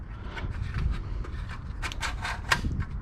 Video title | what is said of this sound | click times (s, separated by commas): INSTALLING A SOUND SYSTEM ON MY OBS PART 3!! | and then we have our radio and that's going to kind of just slide in and it's going to click in place | 2.5 s